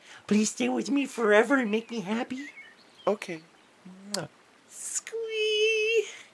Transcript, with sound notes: Please stay with me forever and make me happy.
Okay. Mwah.
[Softly] Squeee.